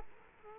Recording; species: mosquito wingbeat signal from an infrared sensor; Aedes aegypti